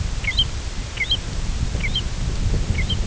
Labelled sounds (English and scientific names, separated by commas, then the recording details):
American Golden-plover (Pluvialis dominica)
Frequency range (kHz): American Golden-plover (Pluvialis dominica) 1.6-6.0 kHz
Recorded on Arctic tundra, site IGLO-F, on 19 June 2018
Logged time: 06:00